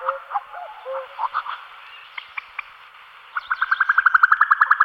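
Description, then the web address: Common cuckoo calls: a few low tonal notes over a hissy background, then a fast, even run of bright repeated notes building in loudness toward the end. "fugle stemmer"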